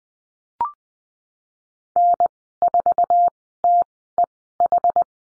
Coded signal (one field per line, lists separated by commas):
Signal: Morse code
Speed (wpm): 20 wpm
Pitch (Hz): 700 Hz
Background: none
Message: N4TEH